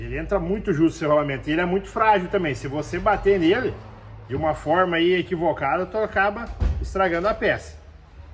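A tight-fitting, fragile ball bearing is being handled for pressing into the A/C compressor pulley of a Jeep Compass, with care needed because striking it the wrong way would ruin the part. Someone talks throughout. Nothing has seated or clicked yet.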